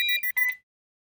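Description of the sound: Three rapid high-pitched electronic beeps, a medical device alarm tone heard from patient rooms on a hospital ward.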